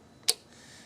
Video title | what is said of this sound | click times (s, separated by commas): The Zip N' Fold Electric Bike - Everything You Need to Know about the Zip N Fold Folding EBike! | okay now they're locked in and to to fold them back up you just pull this and simply fold them down | 0.3 s